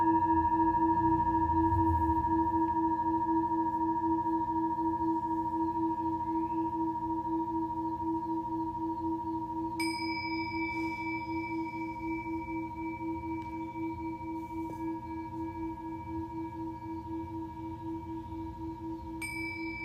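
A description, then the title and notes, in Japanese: Singing bowls ring in a long sustained drone, with steady pure tones holding across the whole clip and a low hum underneath. Near the ten-second mark a second bowl is struck, adding a higher bright ring, and another light strike comes near the end as the sound slowly fades. メキシコから シンギングボウルのサウンドヒーリング ライブ。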